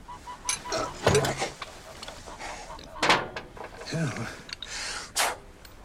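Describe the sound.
Someone unscrews a generator from a tractor: irregular bursts of metallic ratcheting, clanks and scraping, with a muffled voice briefly heard between the tool noises.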